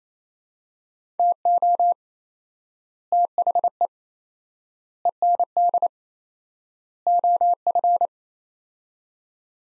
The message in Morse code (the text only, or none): TO THE END OF